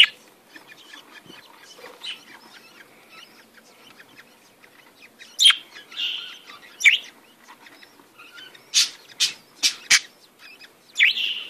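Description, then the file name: Budgerigar chatter, soft scattered chirps followed by louder, sharper notes in the second half. "Canto do periquitos ingleses"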